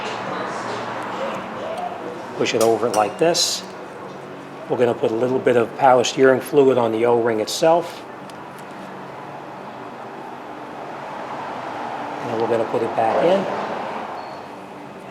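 Someone talks while power steering fluid is put on the new O-ring of the inlet fitting for the aluminium power steering pump on a 2002-2010 Honda, before the fitting goes back into the pump. Speech comes in bursts around 2.5–3.5 s, 4.7–7.8 s and 12–13.6 s over a steady low background hum. The fitting has not yet seated and no click is heard.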